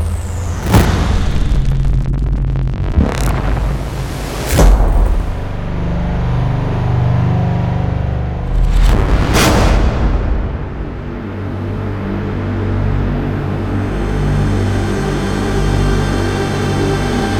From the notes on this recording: massive impacts, meticulously recorded synth textures, evolving drones